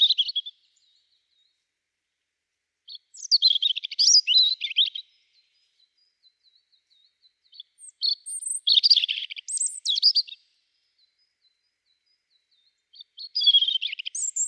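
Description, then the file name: European robin song: high, varied warbling phrases of thin whistles and twitters, separated by pauses of a few seconds, in an otherwise quiet background. "Erithacus rubecula"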